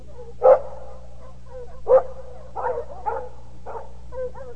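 Dogs bark from the other side of a small pond in a scattered series: two sharp, louder barks open, then several quicker, softer barks and yips follow, with a steady low hum underneath and no voices.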